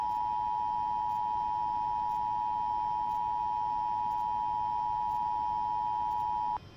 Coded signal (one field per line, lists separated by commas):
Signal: Emergency Alert System (SAME) tones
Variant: 853 and 960 Hz attention tone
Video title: 2nd AZ Silver Alert Today (EAS#130)